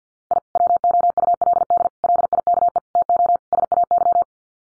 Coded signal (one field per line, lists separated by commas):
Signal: Morse code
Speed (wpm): 50 wpm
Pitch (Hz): 700 Hz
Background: none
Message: I WOULD LIKE TO SAY